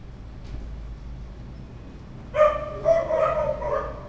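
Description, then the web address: Dog barking, about four loud harmonic barks in quick succession during the second half, with low steady background hum before them. "verbi voco danca visual. Chiens"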